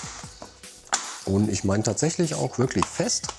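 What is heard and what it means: A Lenovo V17 G2-ITL (82NX) laptop's plastic bottom case is laid back onto the chassis and pressed down firmly. Soft clicks lead up to a sharp snap at 0.9 s as the edge clips engage, and then someone talks. The bottom cover is seated with its clips latched back in.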